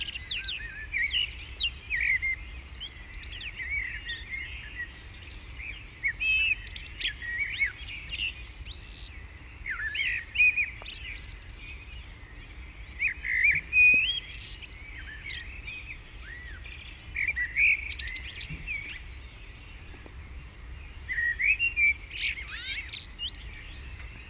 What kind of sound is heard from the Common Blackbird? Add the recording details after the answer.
song. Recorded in the wild. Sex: male. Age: adult. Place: Garmisch-Partenkirchen, Bayern, DE. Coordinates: 47.4917, 11.0794. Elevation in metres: 703. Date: 1969-04-13. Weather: Schneefall. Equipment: Uher 4000 Report. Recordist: Tretzel, Erwin. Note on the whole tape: Straße "Rixner", Garmisch-Partenkirchen: Gesang